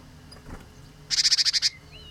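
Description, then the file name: Great tit call: a harsh, buzzy chatter of about eight quick pulsed notes in just over half a second, preceded by a faint brief rustle. "Parus major"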